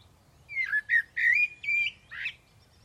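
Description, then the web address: Bird song of five whistled notes, each slurred or gently rising, given in a steady sequence, the last note harsher. "Deverinetal. Bird Only"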